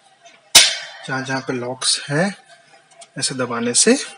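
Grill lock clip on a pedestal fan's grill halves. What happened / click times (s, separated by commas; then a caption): The plastic lock clip snapped shut / 0.6 s. A plastic grill lock clip on the grill halves of an Atomberg Renesa Efficio+ pedestal fan is pressed further around the rim. It closes with a loud, sharp snap at 0.6 s, and the clip is seated shut. Someone talks before and after the snap.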